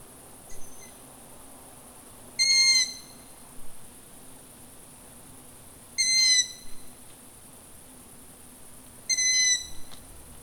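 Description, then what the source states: Long-eared owl giving thin, squeaky, creaking notes about every three and a half seconds, three loud ones in all, with fainter squeaks between them. Recorded on 29 July 2018.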